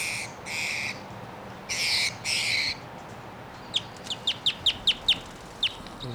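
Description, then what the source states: Crossbill calls: a few harsh, buzzy squawks, then a quick series of sharp, clipped chip notes. Two wild males; this one free and calling from the trees, around 7:03.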